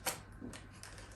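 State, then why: Not seated. An SX-70 film cartridge is slid into the film slot of a Polaroid SX-70 folding instant camera and pushed all the way in. Light sliding and shuffling sounds follow a soft rustle at the start, with two faint short ticks near 0.6 and 0.8 seconds. The cartridge has not clicked into place.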